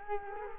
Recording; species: mosquito wingbeat signal from an infrared sensor; Culex quinquefasciatus